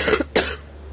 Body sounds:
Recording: coughing mixed with background sound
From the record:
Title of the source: 30 Chesty and wet cough

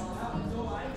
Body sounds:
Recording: background sound without coughing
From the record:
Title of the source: 60 minutes of coffee shop sounds for study and concentration

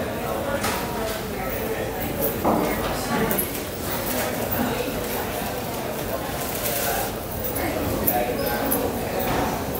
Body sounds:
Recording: background sound without coughing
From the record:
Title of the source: 40 min - Ambience sounds UNIVERSITY lunchroom chatting

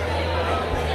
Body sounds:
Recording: background sound without coughing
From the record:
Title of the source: CITY SOUNDS Busy Bar in the Evening Night - 2 HOURS of Ambiance for Relaxation

